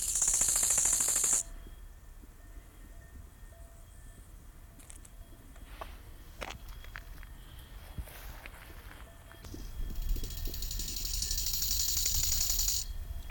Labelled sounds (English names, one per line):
Bow-winged Grasshopper stridulation